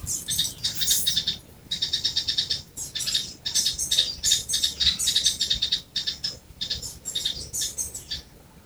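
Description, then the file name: Purple-rumped sunbird calling: dense runs of sharp, high twittering notes, almost continuous with brief gaps, fading softer near the end. Recorded at Ezhimala. "Purple-rumped Sunbird (Leptocoma zeylonica) from Ezhimala"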